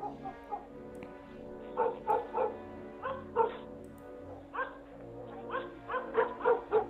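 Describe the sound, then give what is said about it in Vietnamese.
A dog barks far off at the head of a village lane late on a cold, windless night, repeatedly in an irregular series of short, sharp yaps, some in quick clusters of two or three, over a low steady hum with no voices. “Phía xa xa đầu ngõ xóm có tiếng con chó sủa nhấm nhách cắn ma của nhà ai vậy.”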